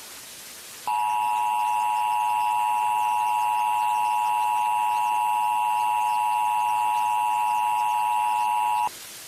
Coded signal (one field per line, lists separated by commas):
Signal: Emergency Alert System (SAME) tones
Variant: 853 and 960 Hz attention tone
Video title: eas alarm County part 1